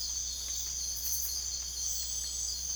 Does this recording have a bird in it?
no